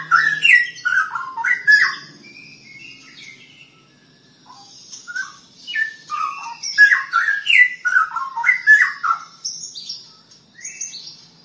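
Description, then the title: Long-tailed shrike song of rapid, varied whistles and chirps in bursts, a quiet pause in the middle, then another lively burst of mixed notes. "Kicau Burung Pentet"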